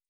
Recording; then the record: hydrophone in a shrimp aquaculture tank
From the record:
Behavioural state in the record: feeding